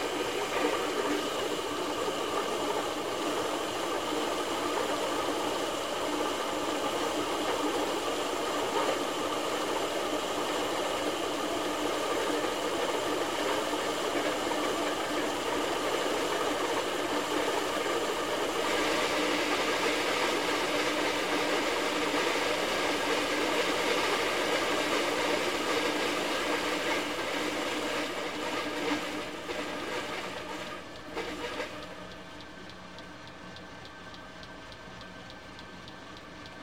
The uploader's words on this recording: The Harmonious Grind of a Coffee Grinder. The focal point is the electric coffee grinder. The sound of coffee beans being transformed is both robust and rhythmic.